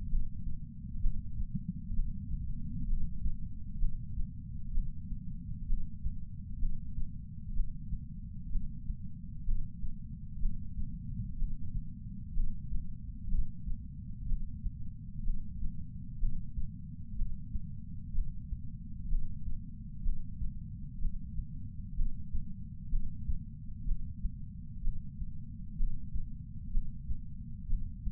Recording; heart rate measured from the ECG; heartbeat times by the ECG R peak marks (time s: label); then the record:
heart sounds by patch sensor on the chest; 63 bpm
0.10 s: heartbeat
1.01 s: heartbeat
1.94 s: heartbeat
2.87 s: heartbeat
3.79 s: heartbeat
4.72 s: heartbeat
5.67 s: heartbeat
6.60 s: heartbeat
7.54 s: heartbeat
8.50 s: heartbeat
9.45 s: heartbeat
10.40 s: heartbeat
11.37 s: heartbeat
12.34 s: heartbeat
13.29 s: heartbeat
14.27 s: heartbeat
15.24 s: heartbeat
16.20 s: heartbeat
17.16 s: heartbeat
18.13 s: heartbeat
19.09 s: heartbeat
20.03 s: heartbeat
21.00 s: heartbeat
21.96 s: heartbeat
22.90 s: heartbeat
23.86 s: heartbeat
24.82 s: heartbeat
25.77 s: heartbeat
26.72 s: heartbeat
27.68 s: heartbeat
From the record:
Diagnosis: coronary artery disease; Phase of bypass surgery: preoperative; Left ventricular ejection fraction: 36.6%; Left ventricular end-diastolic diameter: 43 mm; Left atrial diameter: 33 mm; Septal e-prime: 3.9 cm/s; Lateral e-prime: 8 cm/s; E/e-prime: 10.3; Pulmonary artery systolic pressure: 22 mmHg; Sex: female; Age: 80 years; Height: 150 cm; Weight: 49 kg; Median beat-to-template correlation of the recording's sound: 0.90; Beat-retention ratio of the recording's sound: 0.98